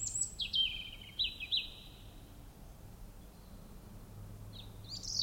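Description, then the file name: European robin giving brief high warbled notes at the start and a short squeaky phrase near the end, with a quiet gap and low hum between. "Erithacus rubecula"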